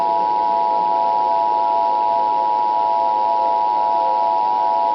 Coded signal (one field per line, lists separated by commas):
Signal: Emergency Alert System (SAME) tones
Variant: 853 and 960 Hz attention tone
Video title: A Nuclear Missile EAS Scenario: Live and Uncut